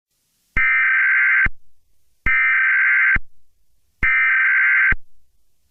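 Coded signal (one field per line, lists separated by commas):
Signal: Emergency Alert System (SAME) tones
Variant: header bursts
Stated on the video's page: Fictional EAS scenario.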